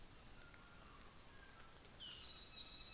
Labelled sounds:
North Island Saddleback (Philesturnus rufusater)
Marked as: faintness 3/5
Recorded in New Zealand on 24 December 2018
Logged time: 09:00

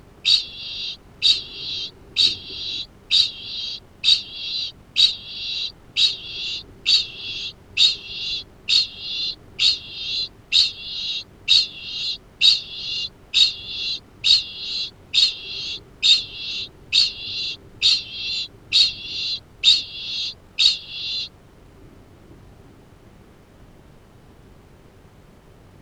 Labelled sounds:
Kākāpō (Strigops habroptilus) ching call
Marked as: faintness 2/5
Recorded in New Zealand
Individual Arab

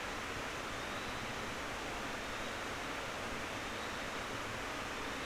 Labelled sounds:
North Island Brown Kiwi (Apteryx mantelli) male call
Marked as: faintness 4/5
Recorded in New Zealand on 19 October 2013
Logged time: 01:58
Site CR37

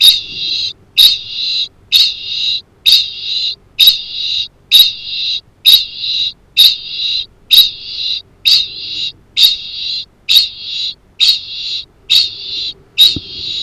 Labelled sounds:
Kākāpō (Strigops habroptilus) ching call
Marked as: faintness 1/5
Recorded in New Zealand
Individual Arab

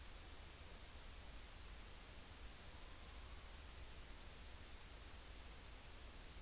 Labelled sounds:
Morepork (Ninox novaeseelandiae) trill
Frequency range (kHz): Morepork (Ninox novaeseelandiae) 0.7-6.8 kHz
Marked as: faintness 5/5
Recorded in New Zealand on 30 April 2013
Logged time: 02:19
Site Ponui

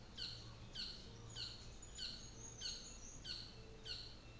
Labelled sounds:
North Island Saddleback (Philesturnus rufusater), New Zealand Fantail (Rhipidura fuliginosa)
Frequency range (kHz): New Zealand Fantail (Rhipidura fuliginosa) 5.5-7.2 kHz
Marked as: faintness 1/5, faintness 2/5
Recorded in New Zealand on 24 December 2018
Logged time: 14:00

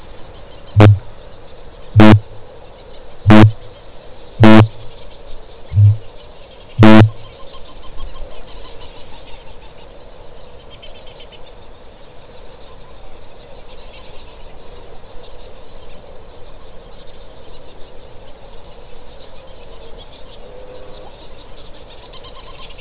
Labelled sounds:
Kākāpō (Strigops habroptilus) boom
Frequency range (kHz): Kākāpō (Strigops habroptilus) 0.1-0.6 kHz
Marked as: faintness 1/5
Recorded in New Zealand
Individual Stumpy

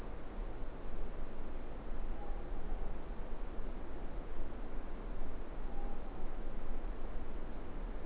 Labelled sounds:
Morepork (Ninox novaeseelandiae) more-pork call
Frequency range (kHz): Morepork (Ninox novaeseelandiae) 0.7-1.0 kHz
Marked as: faintness 5/5
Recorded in New Zealand
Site Eglinton

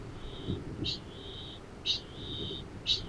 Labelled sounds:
Kākāpō (Strigops habroptilus) ching call
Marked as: faintness 2/5
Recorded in New Zealand
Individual Arab

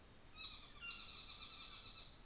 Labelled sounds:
North Island Saddleback (Philesturnus rufusater)
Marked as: faintness 1/5
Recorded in New Zealand on 24 December 2018
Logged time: 17:00

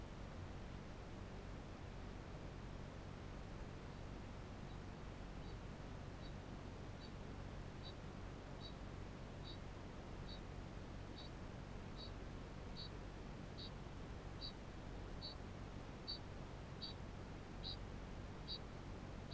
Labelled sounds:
Kākāpō (Strigops habroptilus) ching call
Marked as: faintness 5/5, faintness 4/5, faintness 3/5
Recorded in New Zealand
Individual Barnard

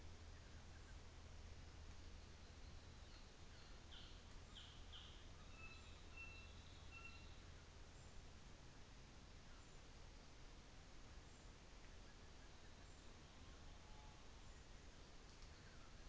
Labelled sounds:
North Island Saddleback (Philesturnus rufusater)
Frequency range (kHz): North Island Saddleback (Philesturnus rufusater) 1.1-4.8 kHz
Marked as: faintness 3/5
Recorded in New Zealand on 24 December 2018
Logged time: 14:45

